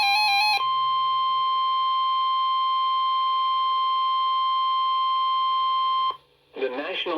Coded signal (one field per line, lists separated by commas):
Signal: Emergency Alert System (SAME) tones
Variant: 1050 Hz attention tone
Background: speech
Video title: NOAA WX: Required Weekly Test 4/14/21 (EAS #165)